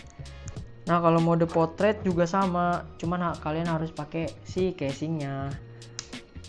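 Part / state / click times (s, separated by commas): action camera case into quick-release mount / seated / 6.0 s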